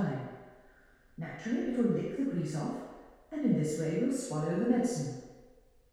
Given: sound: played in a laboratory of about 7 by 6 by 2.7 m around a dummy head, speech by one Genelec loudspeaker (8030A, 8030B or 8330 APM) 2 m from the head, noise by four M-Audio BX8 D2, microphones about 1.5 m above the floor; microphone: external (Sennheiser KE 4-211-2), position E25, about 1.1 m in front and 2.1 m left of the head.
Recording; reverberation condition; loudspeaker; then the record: female speech in English; high; 30 degrees to the left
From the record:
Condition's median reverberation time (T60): about 1300 ms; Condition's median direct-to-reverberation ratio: about -4.0 dB